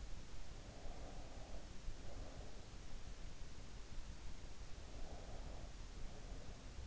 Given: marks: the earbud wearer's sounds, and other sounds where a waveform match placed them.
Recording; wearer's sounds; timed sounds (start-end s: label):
sounds in sleep by an in-ear microphone; breath
0.60-2.76 s: breath
4.77-6.87 s: breath